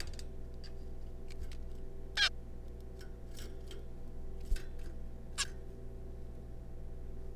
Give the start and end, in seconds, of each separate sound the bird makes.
2.17-2.29, 5.38-5.45